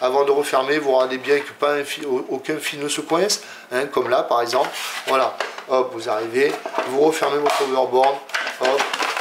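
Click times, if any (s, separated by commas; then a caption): none. The plastic shell half of a hoverboard is being closed back over its internals, with care taken that no wire gets pinched. Someone talks throughout over light plastic handling sounds. The shell has not clipped shut yet; nothing has seated or clicked.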